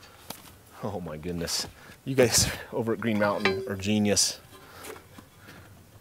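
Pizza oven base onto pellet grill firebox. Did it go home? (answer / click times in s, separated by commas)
yes / 0.3 s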